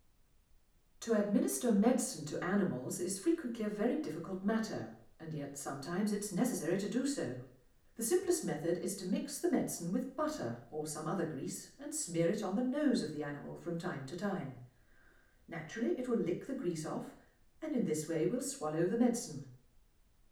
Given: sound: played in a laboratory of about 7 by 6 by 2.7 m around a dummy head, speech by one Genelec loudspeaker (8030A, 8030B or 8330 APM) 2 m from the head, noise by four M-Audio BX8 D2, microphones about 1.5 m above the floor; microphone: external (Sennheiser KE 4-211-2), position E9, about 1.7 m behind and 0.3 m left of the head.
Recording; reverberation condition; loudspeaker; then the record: female speech in English; medium; 60 degrees to the left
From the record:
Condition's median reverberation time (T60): about 510 ms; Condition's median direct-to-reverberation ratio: about -0.5 dB